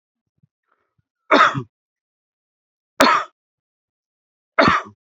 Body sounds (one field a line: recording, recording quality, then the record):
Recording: heavy voluntary cough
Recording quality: excellent, no background noise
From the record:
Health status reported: healthy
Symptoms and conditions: none ticked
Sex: male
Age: 26 years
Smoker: not ticked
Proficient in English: yes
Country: India